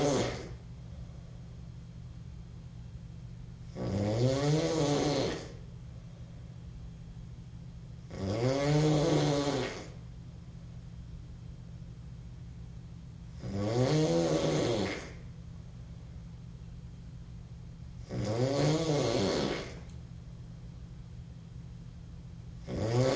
Snore male nasal obnoxious.